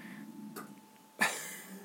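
Over a quiet room hum, a faint bump is followed by a sudden loud gurgling rumble from an adult's stomach, lasting under a second before it fades. It is an ordinary, harmless stomach rumble (borborygmi), loud enough to carry to an iPad microphone that was not right next to the stomach.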